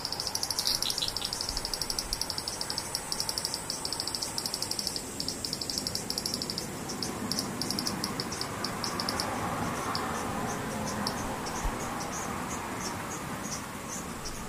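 Cicadas buzz steadily with rapid, regular pulsing in a bright high band, while a softer rushing murmur swells in the background midway.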